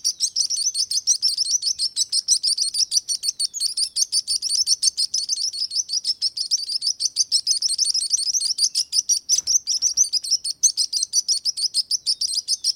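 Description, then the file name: Sparrow: a constant chatter of quick high chirps overlapping throughout. "Sparrow singing"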